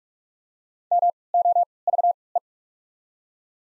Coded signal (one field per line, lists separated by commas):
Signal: Morse code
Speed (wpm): 44 wpm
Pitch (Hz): 700 Hz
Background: none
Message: M O V E